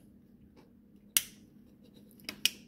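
A plastic wiring clip is pressed back onto the Polaris RZR's wiring harness, snapping into place with one loud, sharp click at 1.2 s. A quieter tick follows at 2.3 s and another sharp click at 2.5 s over a low steady hum. The clip is seated on the harness.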